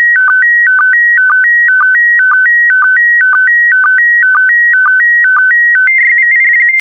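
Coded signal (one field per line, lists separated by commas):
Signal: SSTV (slow-scan television)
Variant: PD120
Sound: steady warbling tone switching between two pitches, with short low chirps twice a second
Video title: (05 of 12) ISS Expedition 63 - MAI-75 August 2020 - Retransmission SSTV PD120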